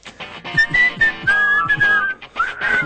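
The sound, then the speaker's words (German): A group whistles a tune together, bright high notes held and sliding between pitches, fairly loud, over a steady low rhythmic thump. “Aber stellt euch mal vor, wir pfeifen hier alle den Song.”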